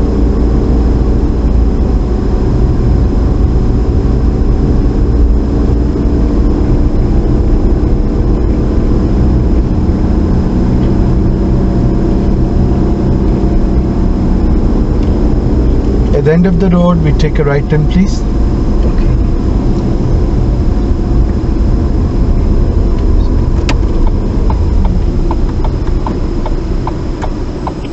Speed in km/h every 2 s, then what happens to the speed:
27, 27, 29, 29, 31, 31, 29, 27, 24, 26, 24, 23, 15, 3.
0-11 steady at about 29. 11-28 slows to 3.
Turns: none.